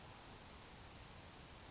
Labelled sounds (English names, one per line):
Grasshopper Sparrow